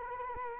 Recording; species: mosquito wingbeat signal from an infrared sensor; Culex quinquefasciatus